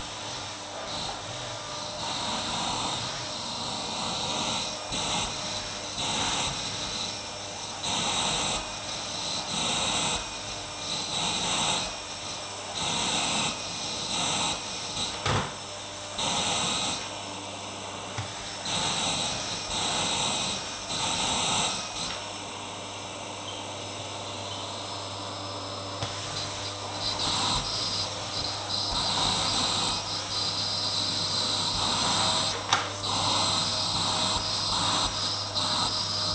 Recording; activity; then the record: daily activity, microphone in the room; vacuum cleaning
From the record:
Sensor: 3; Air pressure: 991.0 hPa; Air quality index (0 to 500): 129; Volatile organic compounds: 151 ppm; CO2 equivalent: 4026 ppm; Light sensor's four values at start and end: 32/75/30/28 and 12/25/11/11